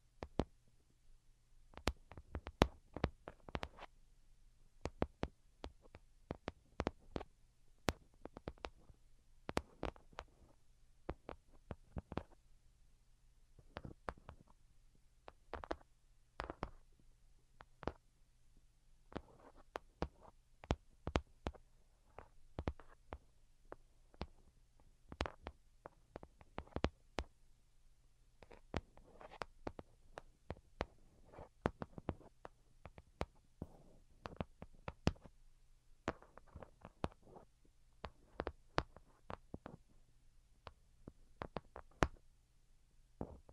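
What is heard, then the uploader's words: Delicate tapping in quick, irregular bursts: light, crisp taps cluster in short runs with brief pauses between, continuing steadily across the whole stretch. A soft, low, constant hum sits underneath the taps throughout. Most Delicate and Calming Tapping. (No Talking).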